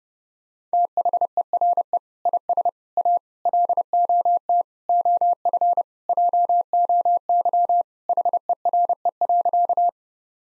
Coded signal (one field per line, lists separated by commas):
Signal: Morse code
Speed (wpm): 30 wpm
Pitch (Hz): 700 Hz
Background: none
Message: THERE IS A LOT OF JOY HERE.